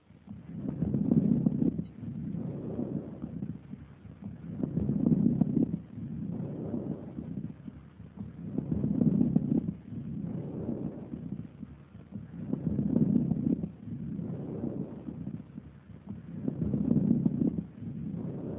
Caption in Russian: Над участком правой половины грудной клетки выслушивается патологическое бронхиальное дыхание и звонкие крупнопузырчатые хрипы.